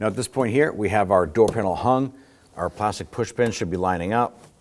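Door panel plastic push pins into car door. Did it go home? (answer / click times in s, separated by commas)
no / none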